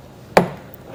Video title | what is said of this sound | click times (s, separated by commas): etrailer - 2022 Ford Edge Yakima JetStream Crossbars: Complete Installation | click into place | 0.4 s